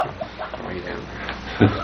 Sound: laughter